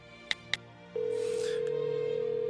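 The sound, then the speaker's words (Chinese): Two quick mobile phone keypad beeps as a call is placed, then a steady, unbroken electronic tone that sounds clearly and holds until the end, like a phone line ringing out. No one speaks. “他给龚应贤打了个电话。”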